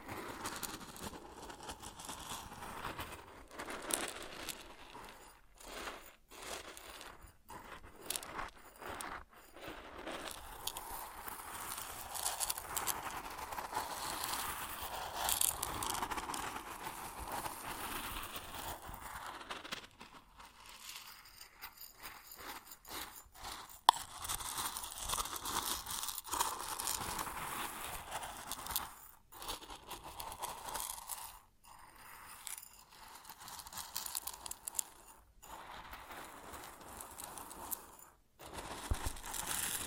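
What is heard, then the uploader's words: Grain rustles and pours in a dense, crackling hiss centered in the middle and upper range, with little low rumble. The flow keeps breaking into brief silent gaps, most often around 5–10 seconds and again after 28 seconds. A sharp click stands out near 24 seconds. ASMR Grain Sounds (No Talking).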